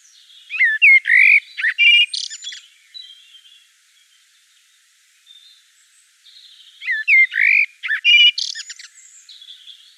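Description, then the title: Common blackbird song: two warbled phrases about six seconds apart, each mellow fluted notes running into a squeaky, scratchy twitter, with quiet pauses between. Recorded in Provence. "Sylvain Jaskowiak - Mes piafs. Merle noir en Provence"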